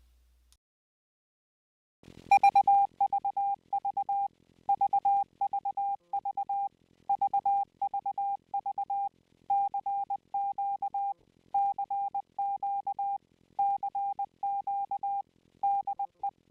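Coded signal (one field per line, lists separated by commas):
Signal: Morse code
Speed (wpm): 20 wpm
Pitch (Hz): 800 Hz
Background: none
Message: VVV VVV VVV CQ CQ CQ DE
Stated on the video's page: Morse code sent with a flute or whistle for a beginners' relay game.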